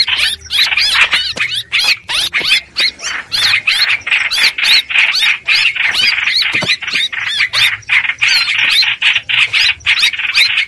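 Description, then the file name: Streak-eared bulbul distress calls, fast harsh chattering notes about three per second with looping whistled tones. Distress call used to call the flock together. "Tieng chim trao trao keu cuu goi bay"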